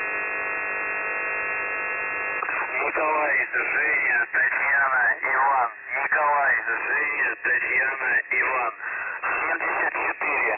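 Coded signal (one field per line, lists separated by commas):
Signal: numbers station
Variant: UVB-76 (The Buzzer)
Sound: a steady droning buzz for about two seconds, then a male voice reading a message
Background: radio static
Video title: The Buzzer/ UVB-76 Voice Message (January 20, 2021, 12:04 UTC)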